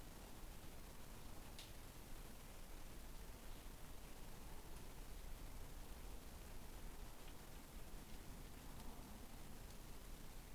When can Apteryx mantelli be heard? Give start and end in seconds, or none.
none